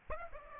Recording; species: mosquito wingbeat signal from an infrared sensor; Aedes aegypti